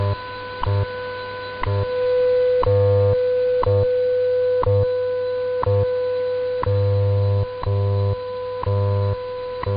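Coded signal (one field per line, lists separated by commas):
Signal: radio time signal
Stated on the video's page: WWV time and frequency broadcast with AM carrier and BCD time codes on 2.5, 5, 10, 15 or 20 MHz, including station identification and scientific modulation test signals.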